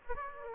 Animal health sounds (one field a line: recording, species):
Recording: mosquito wingbeat signal from an infrared sensor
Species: Aedes aegypti